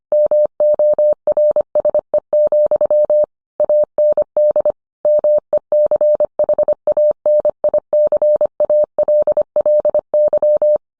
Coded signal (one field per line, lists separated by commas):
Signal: Morse code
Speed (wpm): 25 wpm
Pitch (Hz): 600 Hz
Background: none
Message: MORSE, AND MECHANICALLY